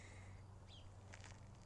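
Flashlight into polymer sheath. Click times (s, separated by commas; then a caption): 1.1 s. A Nitecore P12 1200-lumen flashlight is pushed into its polymer sheath, which grips it with tension points on either side. A sharp click at 1.1 s, followed by a softer one just after, rises over a steady low hum as the light seats and locks into place.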